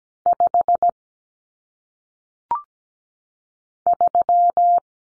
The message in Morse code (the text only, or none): 5 3